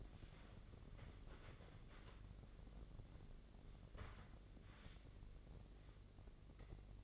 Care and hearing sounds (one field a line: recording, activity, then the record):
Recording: daily activity, microphone in the room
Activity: wipe stove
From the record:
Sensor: 4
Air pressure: 1013.2 hPa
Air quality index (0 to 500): 178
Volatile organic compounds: 2 ppm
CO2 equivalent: 1114 ppm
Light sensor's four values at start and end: 97/244/101/107 and 98/245/101/107